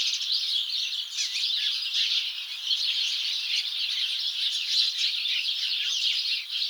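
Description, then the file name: House sparrow chatter, a steady wall of overlapping bright chirps from many birds throughout. "Passer domesticus"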